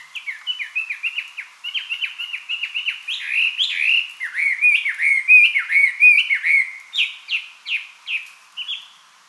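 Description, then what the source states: Chinese hwamei song: loud varied whistles, rapid repeated notes first, then swooping downslurred phrases and a series of sharp descending notes near the end. Recorded 24 May 2007.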